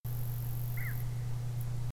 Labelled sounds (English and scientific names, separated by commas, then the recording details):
Little Bittern (Ixobrychus minutus), unidentified animal sound
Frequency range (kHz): Little Bittern (Ixobrychus minutus) 1.2-2.2 kHz
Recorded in France